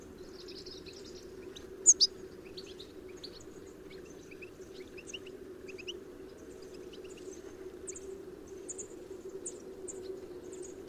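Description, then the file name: European goldfinch giving high, thin twittering call notes, a loud doubled chirp near the start, then scattered faint tinkling notes over a steady low background hum. "Carduelis carduelis"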